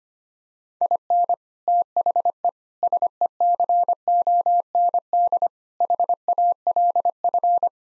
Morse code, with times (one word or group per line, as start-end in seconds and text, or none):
0.8-1.3 IN
1.7-2.5 THE
2.8-5.5 SECOND
5.8-7.7 HALF